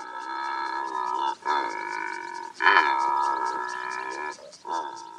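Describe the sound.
Secretarybird giving long, rich, harmonic croaking groans, several drawn-out calls broken by short pauses, with a louder burst in the middle.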